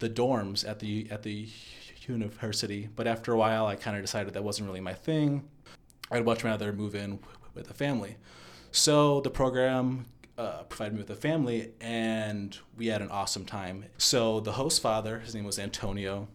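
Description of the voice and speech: A man tells a story in a steady, low-pitched voice. Mostly fluent, it has occasional disfluencies: a repeated phrase ('at the, at the'), a stretched sound, and a drawn-out, hesitant 'uh… and'. These mild breaks are a light stutter; he speaks with a bit of a stutter and stutters occasionally.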